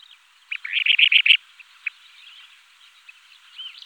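Kentish plover calls, a quick run of several bright, high chirps in about a second, followed by a couple of isolated notes over a steady background hiss.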